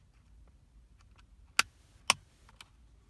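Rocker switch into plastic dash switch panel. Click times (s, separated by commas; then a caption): 1.6 s, 2.1 s. A rocker switch is slid down into the lower switch panel, a plastic Jeep dash panel, until its clips lock. Two sharp clicks come at 1.6 s and 2.1 s, followed by a fainter tick, over a low background rumble. The switch is seated and locked in place.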